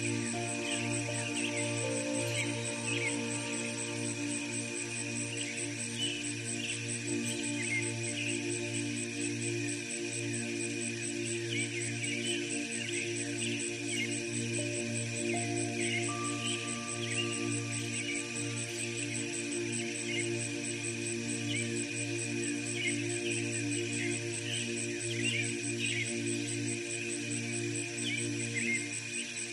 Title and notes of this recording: Evening Bird Chorus. Soft piano and birds chirping peacefully in distant trees